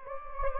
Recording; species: mosquito wingbeat signal from an infrared sensor; Anopheles gambiae